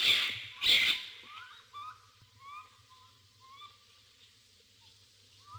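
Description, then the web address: Common raccoon: two loud harsh bursts open, then a run of short rising chirps and whistles over a low hum. Recorded in a wetland area at Sissonne, France. "Sissonne Raton-laveur zone-humide"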